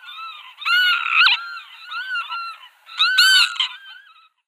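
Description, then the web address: Northern lapwing calls: harsh, nasal slurred notes in two loud bursts with softer wheezy calls between and after them. "Schulze Peter Northern Lapwing calls"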